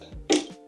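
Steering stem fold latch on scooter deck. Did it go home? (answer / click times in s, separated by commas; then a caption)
yes / 0.3 s. The folded steering stem of a KOWOEE E8 Pro electric scooter is pulled upright on the deck until its fold latch engages with a sharp metallic snap at 0.3 s, locking the stem into place. A faint brief tick follows near 0.7 s.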